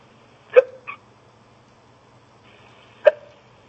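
Two sharp hiccups from an adult woman, heard over a telephone line.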